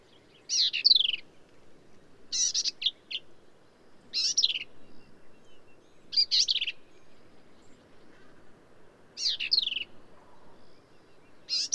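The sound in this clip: Black-capped vireo song: short, varied high phrases of buzzy notes and sweet slurs, separated by quiet gaps.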